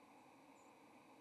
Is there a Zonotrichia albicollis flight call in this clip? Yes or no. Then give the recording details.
yes. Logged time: 07:13 on 30 October 2014